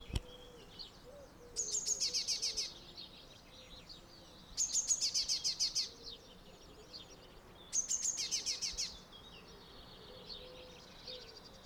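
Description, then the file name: Eurasian blue tit: three bursts of rapidly repeated high notes, about three seconds apart, over faint background noise. "Cyanistes caeruleus"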